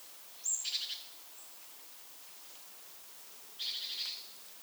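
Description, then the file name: Great tit giving two short, harsh buzzy bursts about three seconds apart, the first opened by a brief high thin note, over faint background hiss. "Parus major"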